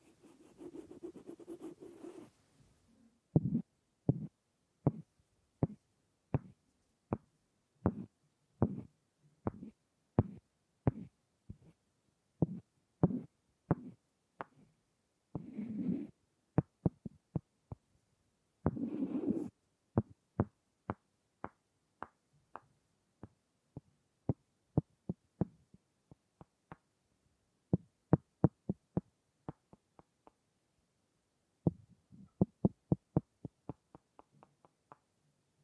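Sharp wooden taps and knocks sound in an uneven, steady pattern, some single and some in quick doubles, with brief rougher scraping or rubbing moments around 2, 16 and 19 seconds. A denser run of rapid taps comes near the end.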